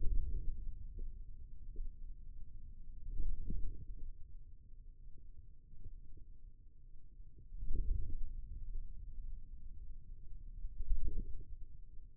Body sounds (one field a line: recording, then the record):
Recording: forearm muscle sounds (acoustic myography)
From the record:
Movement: wrist flexion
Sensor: system 2, bracelet of six BSWA MPA416 microphones around the upper forearm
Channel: 3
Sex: male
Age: 22 years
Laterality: right